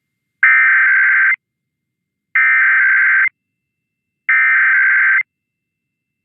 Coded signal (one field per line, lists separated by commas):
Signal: Emergency Alert System (SAME) tones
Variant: header bursts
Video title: Overnight Monthly Testing (EAS #629-647) 8/20-21/24